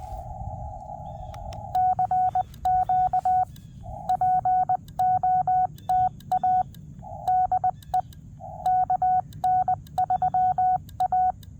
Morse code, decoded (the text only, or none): CQ POTA DE KN3A